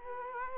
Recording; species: mosquito wingbeat signal from an infrared sensor; Culex quinquefasciatus